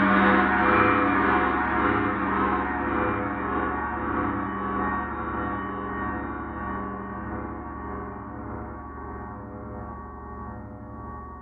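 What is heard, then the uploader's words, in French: A gong bath: one long, shimmering gong tone rings out and slowly fades across the whole stretch. Dense overlapping tones pulse and waver in a steady wobbling beat, with a deep hum underneath, while the bright upper shimmer gradually dulls and thins. Un bain de gong.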